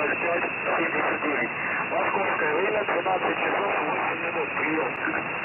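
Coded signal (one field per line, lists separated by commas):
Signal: coded military voice message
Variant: The Pip, Russian voice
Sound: short Russian spoken message over narrowband radio, a voice stating the time then "over"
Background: radio static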